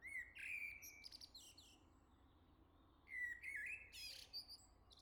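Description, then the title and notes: Common blackbird song of warbling whistled phrases with squeaky high endings, two phrases separated by a short pause. "Le Merle salue l'été, 3 Gd Rue de Chassagne, 17220 La Jarrie, France. Quel Sol!!!! pour saluer l'arrivée de l'été ce matin! Merci Jolie Merle de tes vocalises à proximité!"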